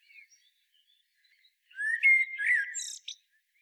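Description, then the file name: Common blackbird song: a single warbled phrase of low fluty whistles that breaks into a squeaky, high twittering flourish, after near silence. "Turdus merula"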